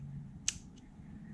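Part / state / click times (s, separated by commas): wrist pin retaining circlip into piston pin bore groove / seated / 0.5 s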